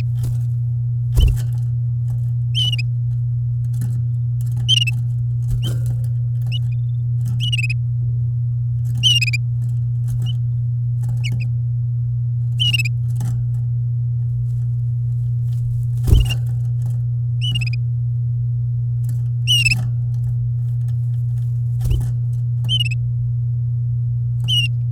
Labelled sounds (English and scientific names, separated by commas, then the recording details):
Domestic Canary (Serinus canaria) song
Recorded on 8 May 2018 at 09:13
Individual llb16